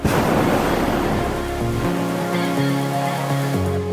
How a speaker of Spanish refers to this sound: Las llamas se levantan como fantasmas ardientes en medio de la oscuridad. Empezamos a ascender todavía en penumbras. Solo se escucha el ruido de los inmensos quemadores lanzando fuego hacia el gigante globo inflado sobre nuestras cabezas.